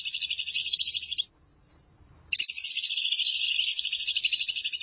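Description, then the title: Lovebird song: a shrill, rapidly pulsing chatter that stops for about a second, then returns and continues evenly to the end. "BM Suara Burung Lovebird"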